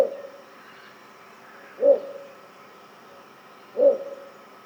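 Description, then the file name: Little bittern sounding a deep, short croak about every two seconds against a quiet humming background. "torpegem-hangja torpegem-Ixobrychus-minutus"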